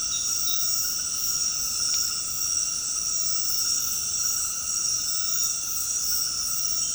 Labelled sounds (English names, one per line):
none